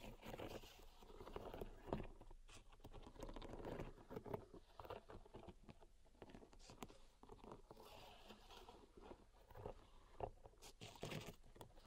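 Pink salt raked and shuffled in a zen garden makes a dense, continuous grainy scraping. Sharp crunchy clicks and brief louder swishes pop up irregularly throughout, especially near two, four and eleven seconds, over a steady soft hiss.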